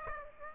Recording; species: mosquito wingbeat signal from an infrared sensor; Aedes aegypti